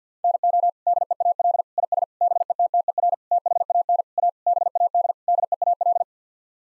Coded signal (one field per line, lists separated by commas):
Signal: Morse code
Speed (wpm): 50 wpm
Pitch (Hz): 700 Hz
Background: none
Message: NO DEAL IS BETTER THAN A BAD DEAL